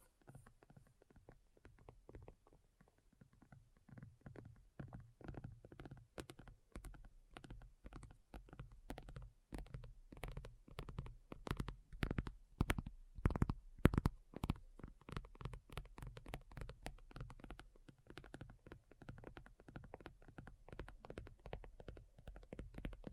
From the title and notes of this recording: ASMR Addictive Tapping. (No Talking).